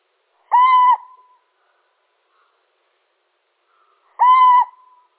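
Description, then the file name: Little owl repeating a level, slightly nasal hoot twice, under four seconds apart, with faint trailing notes and silence between. Male. "Sycek obecny samec"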